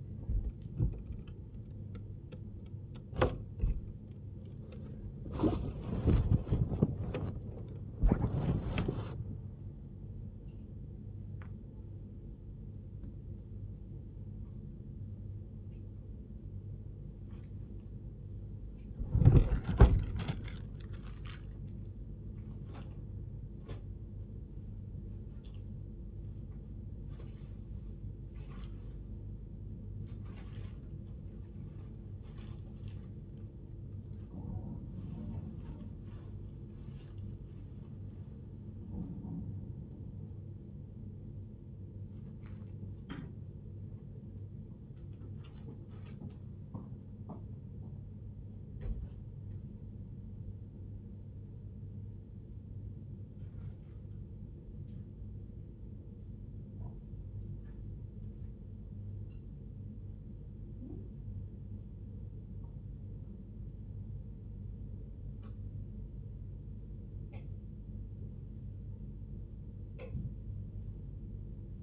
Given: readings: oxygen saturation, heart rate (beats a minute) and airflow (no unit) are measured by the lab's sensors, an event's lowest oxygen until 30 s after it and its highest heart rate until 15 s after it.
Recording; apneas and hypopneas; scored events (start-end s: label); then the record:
a person awake in a sleep study, by a smartphone at the bedside; none
0.00-71.83 s: awake
From the record:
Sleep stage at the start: awake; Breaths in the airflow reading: 24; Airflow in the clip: -0.9 to 0.6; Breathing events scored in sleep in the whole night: 101 in 7.3 hours asleep